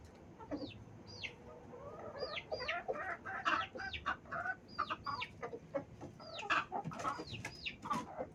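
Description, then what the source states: Chickens making many high, downward-slurred peeps mixed with short clucks, the notes overlapping in a busy, irregular chorus. In a chicken coop.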